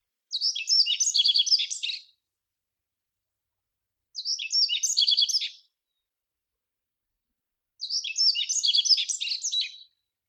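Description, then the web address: Yellow-throated bunting song: three short, dense bursts of high, twittering notes, each about one and a half to two seconds long, separated by roughly two seconds of silence. "miyamahoojiro"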